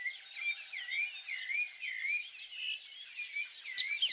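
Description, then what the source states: Birds singing: a looping, wavering whistle repeated steadily over a background chorus of softer chirps, with a sharp click near the end. Birds singing at dawn.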